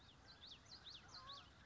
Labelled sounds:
Common Yellowthroat
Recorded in Sonoma County, California

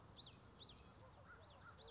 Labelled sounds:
Common Yellowthroat
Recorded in Sonoma County, California

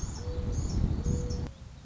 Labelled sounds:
Mourning Dove
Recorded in Sonoma County, California

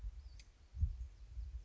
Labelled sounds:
Western Flycatcher
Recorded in Sonoma County, California

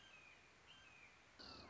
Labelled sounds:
Red-shouldered Hawk
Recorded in Sonoma County, California

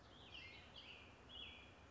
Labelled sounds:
American Robin
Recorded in Sonoma County, California

